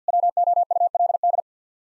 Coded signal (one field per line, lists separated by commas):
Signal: Morse code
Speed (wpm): 50 wpm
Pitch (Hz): 700 Hz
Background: none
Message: WOULD